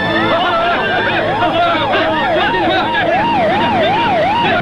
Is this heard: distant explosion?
no